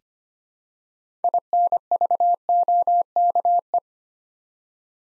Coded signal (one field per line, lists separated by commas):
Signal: Morse code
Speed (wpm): 25 wpm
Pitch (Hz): 700 Hz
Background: none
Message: INVOKE